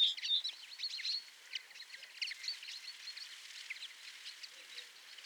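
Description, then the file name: Common chaffinch calls: busy, overlapping high chips and twitters in quick succession, loudest at the start and softening toward the end, over steady background noise. "Fringilla coelebs"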